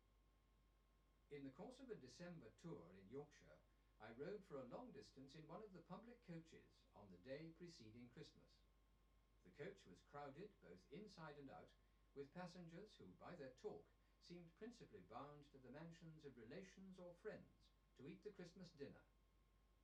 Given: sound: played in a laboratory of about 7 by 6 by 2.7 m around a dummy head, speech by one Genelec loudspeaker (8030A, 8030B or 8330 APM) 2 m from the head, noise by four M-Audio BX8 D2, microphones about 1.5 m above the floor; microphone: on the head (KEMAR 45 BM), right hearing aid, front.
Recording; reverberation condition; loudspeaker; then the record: male speech in English; low; 150 degrees to the left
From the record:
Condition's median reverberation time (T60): about 310 ms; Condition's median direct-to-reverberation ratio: about 3.5 dB